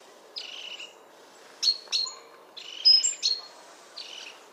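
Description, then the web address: Great tit calling with harsh buzzy churring notes alternating with sharp high paired chinks, in four uneven bursts. "SETE Parus major"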